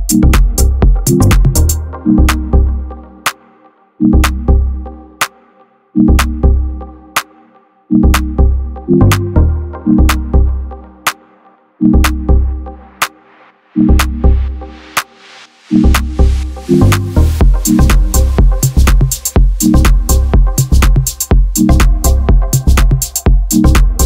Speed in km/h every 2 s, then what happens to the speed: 52, 51, 52, 54, 55, 55, 55, 55, 54, 52, 48, 45.
0-15 steady at about 54. 15-24 slows to 45.